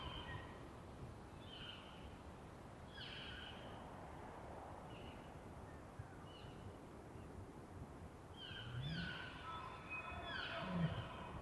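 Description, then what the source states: Elk giving short high squealing chirps in bursts, with more high whistled calls clustered near the end, over a steady low background rumble. Bull elk chirps in rutting season, males vocal, pre-dawn morning of September 18; Colockum Wildlife Area, dry grassy plateau with ponderosa pine between Wenatchee and Ellensburg, WA; raw double-M/S recording, down-mixed to stereo, unfiltered.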